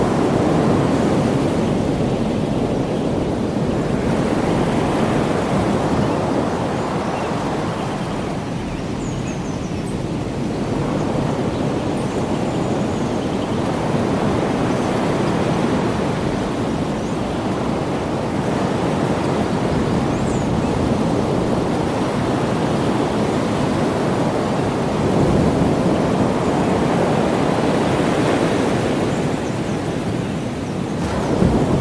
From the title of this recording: Ocean Sounds In Hawaii